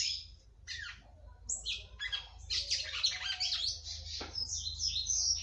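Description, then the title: Red-cowled cardinal: slurred high notes build into a busy warbling phrase, over a noticeable low humming background. "Galo De Campina"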